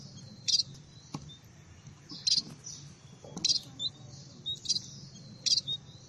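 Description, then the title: Red-throated parrotfinch calls: short, very high thin notes repeated at uneven intervals, with a faint low hum underneath. "Erythrura Psittacea"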